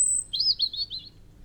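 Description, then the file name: European robin song fragment: a very high thin note followed by a short rapid warbled trill that fades away. "Erithacus rubecula"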